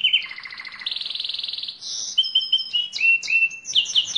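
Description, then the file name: Lizard canary song, loud fast trills and a rattling buzzy tour, then a series of quick descending whistled slurs. "canto do canario lizard"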